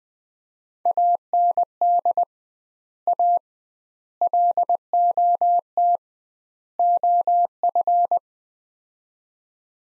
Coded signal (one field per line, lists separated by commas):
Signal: Morse code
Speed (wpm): 20 wpm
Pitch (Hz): 700 Hz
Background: none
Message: AND A LOT OF